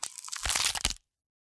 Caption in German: In der Unfallchirurgie, Orthopädie, bei Knochenbrüchen kann man zum Beispiel so Krepitationen hören. Als Krepitation wird das hör- und fühlbare Knistergeräusch bei Reibung von Fragmenten eines frakturierten Knochens bezeichnet. Das wäre ein sicheres Zeichen für eine Fraktur, also ein Knochenbruch.